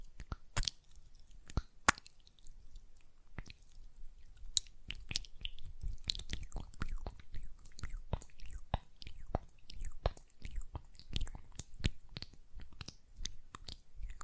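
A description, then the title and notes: Gel lotion worked between hands makes sticky, wet squelches and sharp clicks, sparse at first, then dense and irregular throughout. ASMR Gel Lotion Hand Sounds (No Talking).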